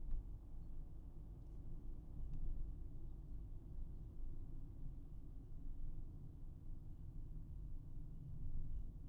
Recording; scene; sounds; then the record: everyday scene through a hearing-aid microphone; in a vehicle; engine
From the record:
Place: Berlingo II, diesel engine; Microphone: behind the ear, right, rear